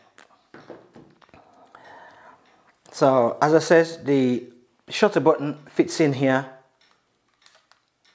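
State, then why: Not seated. Someone talks while handling the detachable Bluetooth shutter remote, a small plastic button unit, near its recess in the handle of a JTWEB selfie stick tripod, with faint taps and rustles around the speech. Nothing has seated or clicked yet; the remote is not yet home in the handle.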